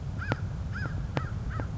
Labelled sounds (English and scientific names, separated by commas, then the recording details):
American Crow (Corvus brachyrhynchos)
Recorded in Sonoma County, California